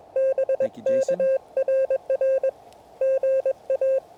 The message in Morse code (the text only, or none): BK RR GA